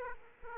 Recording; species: mosquito wingbeat signal from an infrared sensor; Aedes aegypti